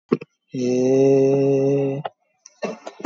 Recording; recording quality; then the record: sustained vowel as in made; excellent, no background noise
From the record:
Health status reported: COVID-19 positive, moderate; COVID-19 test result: positive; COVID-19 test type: RT-PCR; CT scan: taken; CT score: 10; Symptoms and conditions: cough, cold, fever, fatigue, muscle pain, loss of smell and taste, diarrhoea, diabetes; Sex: male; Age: 47 years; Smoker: no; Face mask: worn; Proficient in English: yes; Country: India